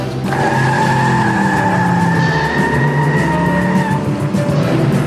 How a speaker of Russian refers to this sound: резко трогается с места, разворачивает машину и быстро едет по дороге.